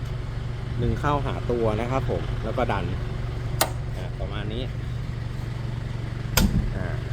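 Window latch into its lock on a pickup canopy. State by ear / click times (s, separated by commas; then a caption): seated / 6.4 s. On the rear canopy of a 2001 Isuzu Vega 3.0 4WD pickup, the window is closed and its latch is pulled toward the body and pushed in, with someone talking over a steady low hum. A sharp click at 6.4 s marks the latch locking into place, and the window is then locked.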